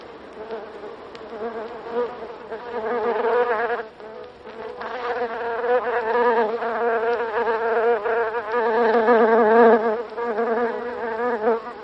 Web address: bombus terrestris